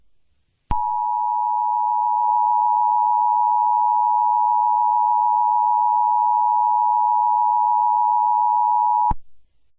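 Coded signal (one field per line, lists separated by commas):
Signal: Emergency Alert System (SAME) tones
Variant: 853 and 960 Hz attention tone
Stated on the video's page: Fictional scenario about a computer virus, not a real broadcast.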